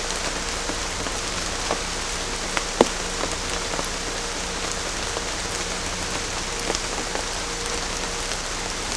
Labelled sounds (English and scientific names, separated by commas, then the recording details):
none
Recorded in secondary vegetation near Puerto Asís, Putumayo, Colombia, on 21 December 2024 at 15:00
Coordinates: 0.500, -76.326
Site G065